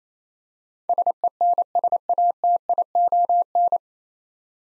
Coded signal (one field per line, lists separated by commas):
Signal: Morse code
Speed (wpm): 28 wpm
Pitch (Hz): 700 Hz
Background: none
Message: SENSATION